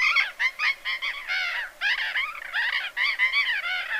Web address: cyanoliseus patagonus